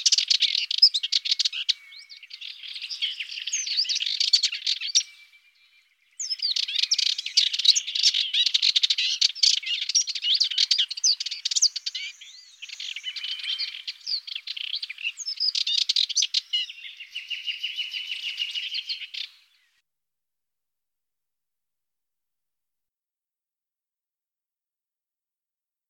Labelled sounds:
Subalpine Warbler song
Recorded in the wild
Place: St. Laurent des Arbres und Umgebung, FR
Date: 1997-04-28
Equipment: Dat-Recorder Casio DA 7, Telinga DAT, stereo, Telinga-Parabolspiegel
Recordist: Schwarz, Dieter

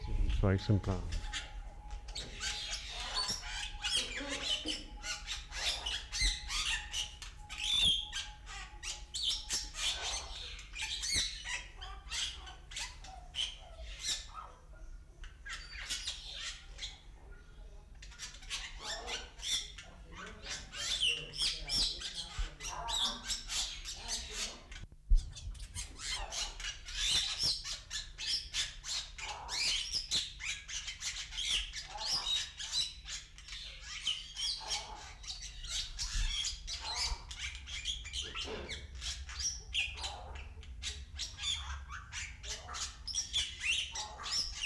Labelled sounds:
Wreathed Hornbill call
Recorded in captivity
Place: Zoo Berlin, Berlin, DE
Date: 1995-02-04 10:58
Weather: bedeckt, 4°C, Wind
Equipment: Marantz CP 430, Sennheiser ME 80, Kopie Uher Variocord 263
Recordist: Tembrock, Günter

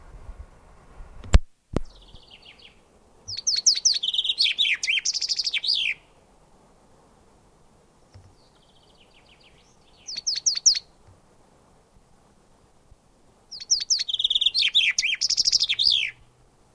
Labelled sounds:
Common Chaffinch
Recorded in the wild
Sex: male
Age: adult
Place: Garmisch-Partenkirchen, Bayern, DE
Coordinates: 47.4931, 11.0633
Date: 1962-04-16
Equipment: Stellavox SM 5, Original, Vollspur
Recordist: Tretzel, Erwin

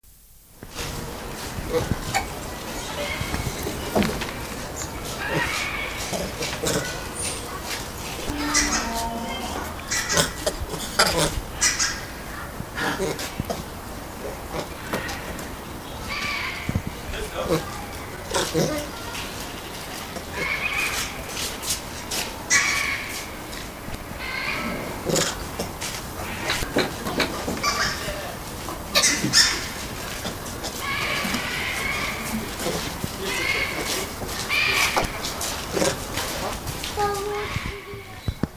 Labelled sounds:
Bonnet Macaque contact call
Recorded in captivity
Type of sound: contact call
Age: adult
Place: Tierpark Carl Hagenbeck, Hamburg, DE
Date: 2000-11-26 13:25
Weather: wolkig, 5-6°C
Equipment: Nagra SN, Kopie Uher 4000 Report Monitor
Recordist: Tembrock, Günter
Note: Begegnung zwischen Adulten (Entfernung 5 m)

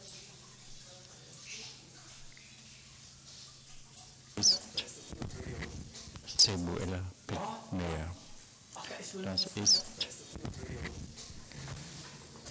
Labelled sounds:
Pygmy Marmoset
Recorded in captivity
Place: Zoo Leipzig, Sachsen, DE
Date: 2003-10-05 13:44
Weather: bedeckt, 12°C
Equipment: Fair Mate ST-1328 (Asahi Electronics, Japan), Sennheiser ME 80, Kopie Uher 4000 Report Monitor
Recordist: Tembrock, Günter

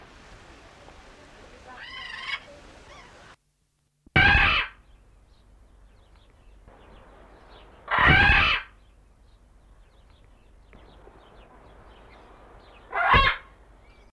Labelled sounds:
Red-fronted Macaw call
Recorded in captivity
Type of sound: call
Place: JE
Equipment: Halbspur, 9,5 cm/s
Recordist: Lütgens, Hans
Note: Rufe

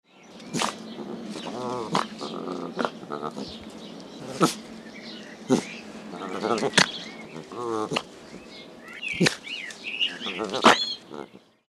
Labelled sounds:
Corsac Fox
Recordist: Tembrock, Günter
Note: Drohlaute eines Männchens

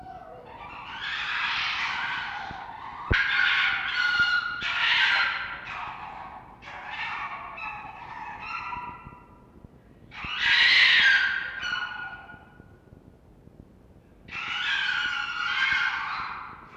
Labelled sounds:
Red Fox
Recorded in captivity
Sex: diverse
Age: adult
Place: Zoologisches Institut der HUB, Berlin, DE
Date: 1952-03-13 19:45
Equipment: Elmetra
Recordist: Tembrock, Günter
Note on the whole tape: Fiffi und Fritz an der Tür zum Mittelzimmer. Fiffi: Keifen; Fritz: Winseln, Keifen, helles Keckern

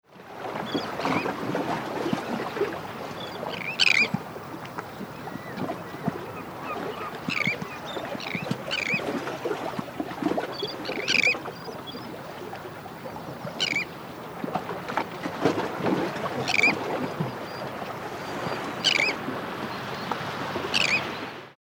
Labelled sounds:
Sandwich Tern
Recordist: Frommolt, Karl-Heinz
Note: Flugrufe von adulten und juvenilen Exemplaren

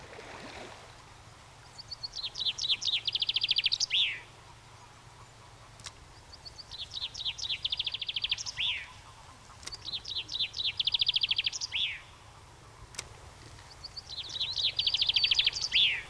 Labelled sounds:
Common Chaffinch song
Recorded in the wild
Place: Ormont-Dessous, Kanton Waadt, CH
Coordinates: 45.3597, 7.19972
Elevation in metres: 1690
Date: 1986-05-22
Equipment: Uher 4000 Report, Sennheiser MKH 815 T
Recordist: Tretzel, Erwin

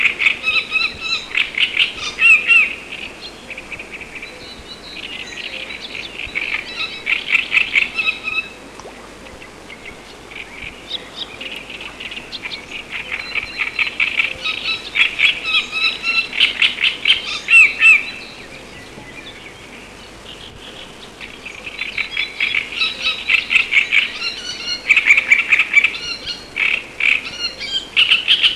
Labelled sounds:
Great Reed Warbler song
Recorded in the wild
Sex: male
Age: adult
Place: Petershain, Niederlausitz, Sachsen, DE
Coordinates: 51.3167, 14.7514
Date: 1963-06-10
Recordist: Meyer, Hugo

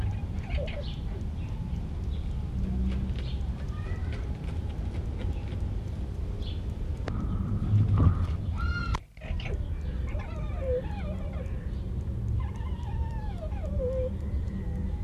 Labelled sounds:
Corsac Fox
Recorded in captivity
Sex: group
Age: adult
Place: Zoo Halle, Sachsen-Anhalt, DE
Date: 1976-07-26 18:30
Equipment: Uher CR 210, Sennheiser MD 421 HL, Verstärker, Kopie Uher Variocord
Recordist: Tembrock, Günter

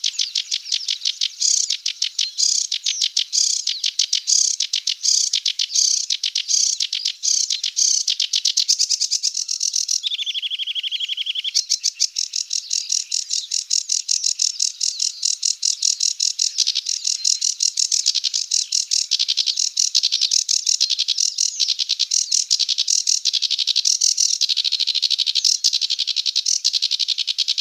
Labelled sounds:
Sedge Warbler song
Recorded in the wild
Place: Nagyivan / Hortobagy Nationalpark, HU
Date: 1990-05-23
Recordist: Schwarz, Dieter

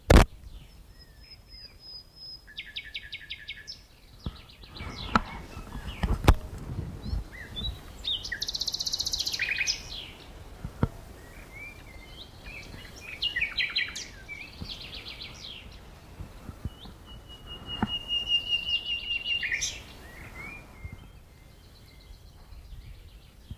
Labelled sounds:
Common Nightingale song
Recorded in the wild
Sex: male
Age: adult
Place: Berlin, OT Blankenfelde, Tegeler Fließ, Berlin, DE
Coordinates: 52.6253, 13.3928
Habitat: grove
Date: 1988-04-30 11:07
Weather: sunny, 16-20°C
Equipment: Nagra SN, Kopie Tesla B 116
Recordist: Tembrock, Günter
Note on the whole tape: Blankenfelde, Wäldchen am Standrohr. Männchen: Gesang

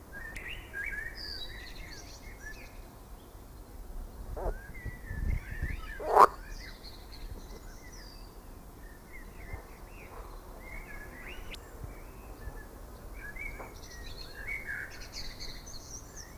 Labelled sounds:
Edible Frog
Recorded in the wild
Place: Lübars, Benekendorffstraße, Berlin, DE
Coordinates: 52.6167, 13.3469
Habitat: Gartenteich
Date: 2000-06-10 21:46
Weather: heiter, 25°C
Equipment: Marantz CP 430, Sennheiser ME 80, Kopie Uher 4000 Report Monitor
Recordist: Tembrock, Günter

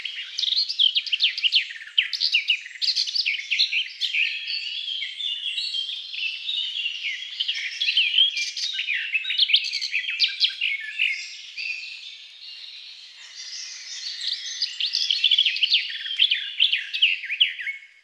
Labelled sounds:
Garden Warbler song
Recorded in the wild
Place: Waltershofen / Freiburg im Breisgau, Baden-Württemberg, DE
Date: 2002-05-19
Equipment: MiniDisc Sharp MT 20 H
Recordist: Schwarz, Dieter

